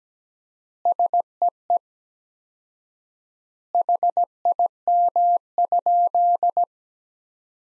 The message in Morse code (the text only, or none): SEE HIM?